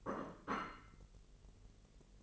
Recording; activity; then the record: daily activity, microphone in the room; place plate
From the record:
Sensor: 4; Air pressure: 1002.9 hPa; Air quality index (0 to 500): 246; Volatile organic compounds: 19 ppm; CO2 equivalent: 2671 ppm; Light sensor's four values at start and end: 5/12/4/5 and 5/12/4/5